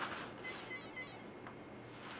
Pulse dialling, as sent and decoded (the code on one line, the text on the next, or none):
none